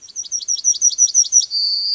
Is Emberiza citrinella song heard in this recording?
yes